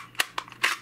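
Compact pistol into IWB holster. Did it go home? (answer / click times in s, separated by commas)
yes / 0.2 s, 0.6 s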